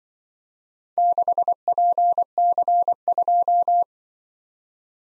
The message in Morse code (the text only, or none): 6PC2